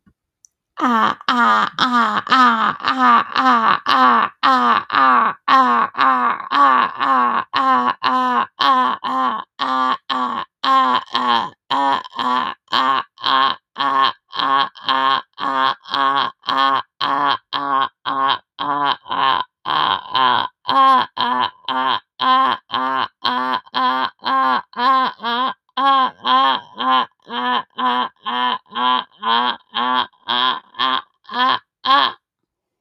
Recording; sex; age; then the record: vowel held as long as possible; female; 30 to 39 years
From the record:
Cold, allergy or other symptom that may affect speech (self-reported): no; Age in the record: 31 years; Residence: South Carolina, United States